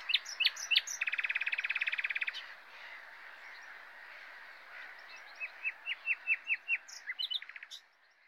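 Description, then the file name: Common nightingale song: a few sharp notes, a fast rattling trill lasting over a second, then a measured string of short notes and a closing buzz. "Luscinia megarhynchos"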